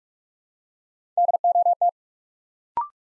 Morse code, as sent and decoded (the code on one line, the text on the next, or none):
-.. --- -
DOT